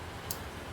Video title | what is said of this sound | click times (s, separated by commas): SOG Poweraccess Assist Review (2022) @ericcantocorner4517 | They snap into place as they deploy open, | 0.3 s